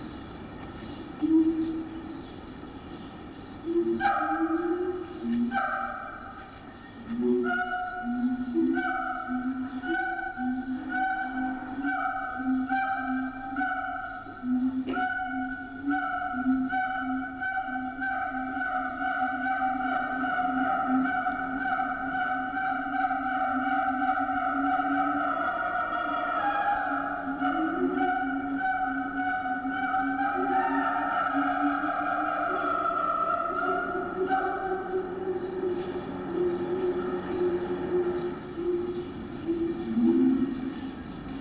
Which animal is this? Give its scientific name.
Symphalangus syndactylus